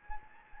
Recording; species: mosquito wingbeat signal from an infrared sensor; Anopheles gambiae